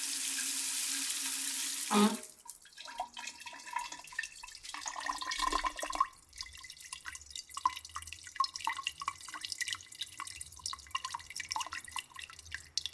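An outdoor beach shower runs with a steady, bright hiss for about two seconds, then shuts off with a clunk. Afterward, water drains and drips irregularly, with small splashes and trickles, a louder gurgle near six seconds, and a faint low hum underneath.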